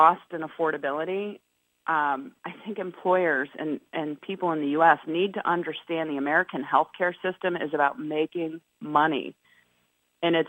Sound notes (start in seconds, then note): none